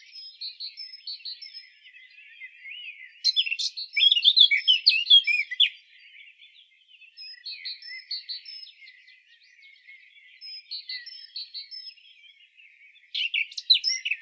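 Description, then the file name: Eurasian blackcap song in bursts, a loud rich warble midway, a second burst at the end, with quieter twittering and thin whistled notes between. "Sylvia atricapilla"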